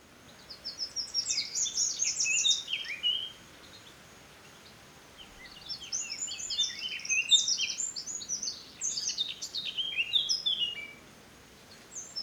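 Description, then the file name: Eurasian wren song: two bursts of rapid, high, tumbling notes and short trills, the first about three seconds long and the second about five seconds, separated by a pause of about two seconds, over faint steady background hiss. "Troglodytes troglodytes"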